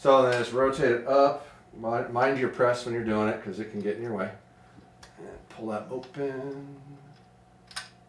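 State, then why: Seated. Someone talks while the arm of an archery draw board is rotated up and pulled open. At 7.8 s the draw board arm snaps into its locked open position with a sharp click, fully seated.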